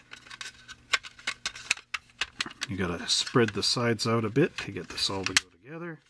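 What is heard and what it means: The plastic chassis of a 1:25 scale 1957 Chevrolet Hardtop model car kit from Revell/Monogram is handled against the plastic body shell while the body sides are spread apart to fit it, with a run of light plastic ticks and taps in the first two and a half seconds. Someone then talks. Nothing has seated or clicked into place yet.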